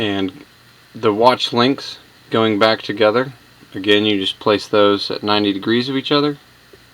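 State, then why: Not seated. Someone talks while handling two plastic Lego watch band links, placing them at 90 degrees to each other to press one link into the adjacent link. Nothing has seated or clicked yet.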